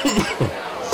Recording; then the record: coughing mixed with background sound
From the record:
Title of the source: Dry Afternoon Cough